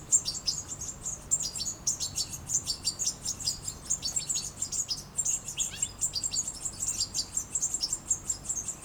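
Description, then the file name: European goldfinch calls: dense, high, tinkling twitter of overlapping chirps, nearly continuous, with a faint hiss beneath. "Carduelis carduelis"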